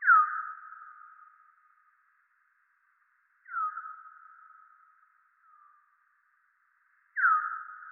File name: Rayol Gondwana Mouvementde Chauve Souris Mercier Glotin